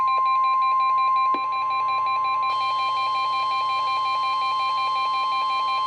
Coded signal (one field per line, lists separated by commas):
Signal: Emergency Alert System (SAME) tones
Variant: 1050 Hz attention tone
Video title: EAS #76-#99: All Hazards Insanity | KHB36 & WNG736